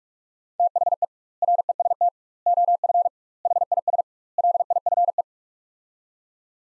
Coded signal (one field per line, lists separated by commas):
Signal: Morse code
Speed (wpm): 41 wpm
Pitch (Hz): 700 Hz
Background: none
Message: THE REST OF HIS LIFE